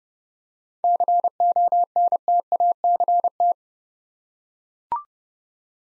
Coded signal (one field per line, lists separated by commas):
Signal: Morse code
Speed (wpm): 30 wpm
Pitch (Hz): 700 Hz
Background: none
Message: CONTACT